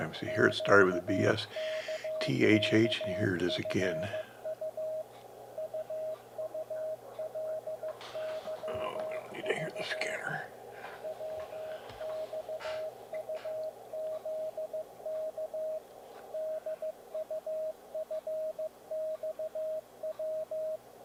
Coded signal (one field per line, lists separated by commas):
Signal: Morse code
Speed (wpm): 15 wpm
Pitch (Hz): 630 Hz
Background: speech, radio noise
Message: QKKFU UULYV WXUZK DUFXW